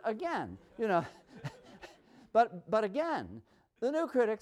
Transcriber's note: laughs